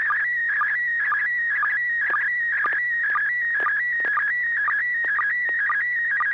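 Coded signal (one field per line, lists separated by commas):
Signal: SSTV (slow-scan television)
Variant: PD-120 mode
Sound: warbling tone shifting between pitches, with a short low chirp about twice a second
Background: low hum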